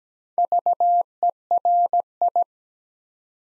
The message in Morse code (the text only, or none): VERI